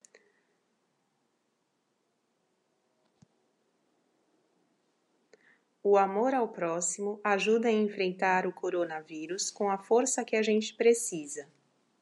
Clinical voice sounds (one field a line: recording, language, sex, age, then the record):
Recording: spoken sentence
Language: Brazilian Portuguese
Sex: female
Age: 30 to 39 years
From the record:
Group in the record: control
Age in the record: 35 years